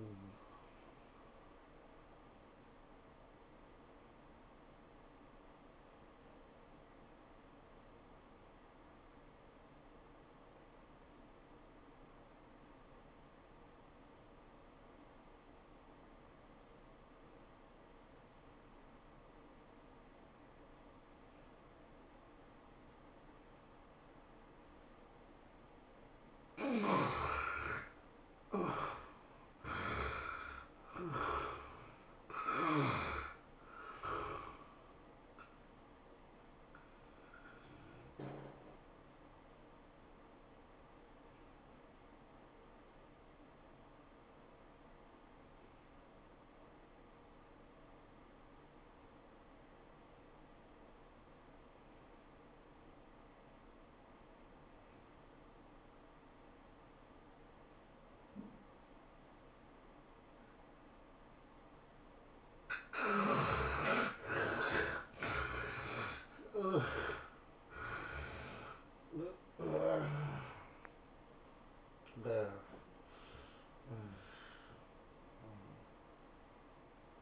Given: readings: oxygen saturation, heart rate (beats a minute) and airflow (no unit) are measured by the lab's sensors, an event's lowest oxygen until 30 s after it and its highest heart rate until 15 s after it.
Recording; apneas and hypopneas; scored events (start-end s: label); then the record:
breathing in sleep by a voice recorder at the bedside; 2
6.00-28.50 s: obstructive apnea (N1, oxygen 97% highest, then 72% lowest, heart rate 95 at the start, 107 highest)
43.00-63.70 s: obstructive apnea (N1, oxygen 95% highest, then 71% lowest, heart rate 91 at the start, 110 highest)
From the record:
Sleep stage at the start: N1 (lightest sleep); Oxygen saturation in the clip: 72 to 97%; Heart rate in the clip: 84 to 110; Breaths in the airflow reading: 9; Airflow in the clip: -19.7 to 17.4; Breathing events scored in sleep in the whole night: 403 in 5.5 hours asleep